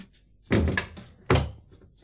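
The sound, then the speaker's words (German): A door is pushed shut with two heavy, dull thunks less than a second apart, the second slightly sharper, followed by a faint rattle and then quiet, with no one speaking. “Mach die Tür zu.”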